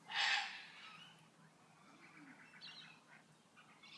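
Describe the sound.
A bird gives one loud, harsh squawk at the start, followed by a few faint, thin chirps in the background.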